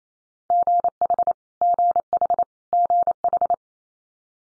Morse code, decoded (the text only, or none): GH GH GH